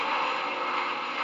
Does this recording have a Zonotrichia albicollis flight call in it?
no